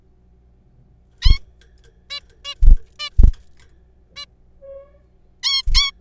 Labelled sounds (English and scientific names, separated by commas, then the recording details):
Zebra Finch (Taeniopygia guttata)
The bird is a juvenile
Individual R3428